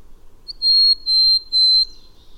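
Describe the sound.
Bird whistling three clear, level, high-pitched notes, each about a third of a second long, evenly spaced, over a faint low rumble.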